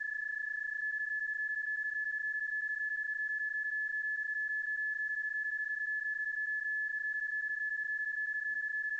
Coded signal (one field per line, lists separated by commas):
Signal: PSK31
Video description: There is no point in trying to resolve or decode the PSK31 tones heard in the video during the PSK31 QSO, these are not the tones associated with the actual QSO, rather they are a sound effect that has been stretched and looped to fit the video footage